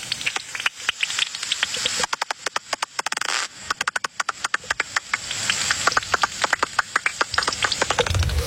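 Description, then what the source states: Common pipistrelle echolocation through a bat detector, heard as rapid dry clicks and wet ticking pops in irregular bursts over a steady hiss. Flying around the speakers while foraging for insects near a small lake; comes in at 50 hertz on the bat detector; sounds like small wet pops.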